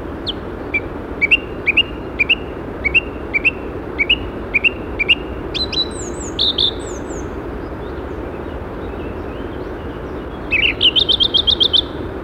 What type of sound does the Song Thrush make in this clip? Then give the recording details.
song. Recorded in the wild. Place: Sapareva Banya, Rila-Gebirge, Sofia, BG. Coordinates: 42.29, 23.269. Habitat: Montains. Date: 1974-05-21. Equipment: Nagra III BH, Sennheiser MD 21, parabola. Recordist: Schubert, Michael